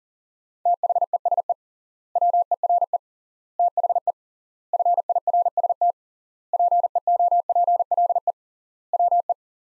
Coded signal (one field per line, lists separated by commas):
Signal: Morse code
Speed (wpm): 37 wpm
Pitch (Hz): 700 Hz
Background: none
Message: THESE WERE THE FIRST PEOPLE WE